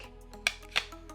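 A plastic lens hood is twisted onto the front bayonet of a large Sony FE 200-600mm telephoto zoom lens, giving a sharp click at 0.5 s, followed by a second sharp tick at 0.8 s amid faint handling rustles. The hood is seated and attached properly.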